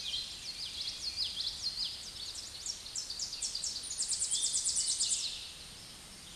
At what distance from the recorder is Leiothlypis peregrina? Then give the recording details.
about 15 m. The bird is about 5 m above the microphone. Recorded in a Pennsylvania forest on 16 May 2024 at 07:24. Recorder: AudioMoth, point MSD-2417. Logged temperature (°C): 16.4 °C. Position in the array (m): 91 m, 79 m